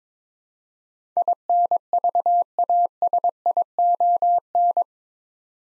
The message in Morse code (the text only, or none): INVASION